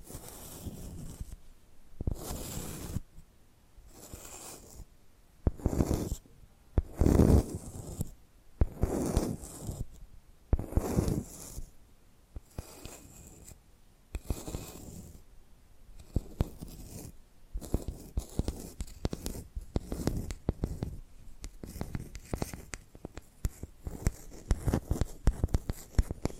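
Tapping and scratching sounds in uneven bursts, with louder full, scraping strokes roughly every two seconds through the first half. Later the sound turns into quicker, denser clusters of short taps and scratches. Faint rustling fills the gaps between strokes.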